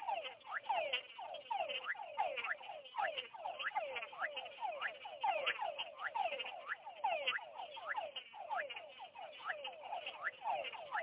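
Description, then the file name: Frogs calling in a dense chorus, many overlapping rising and falling whistled notes repeated rapidly throughout, with no pauses. Tropical frogs. "Tropical Frogs Ranas Tropicales"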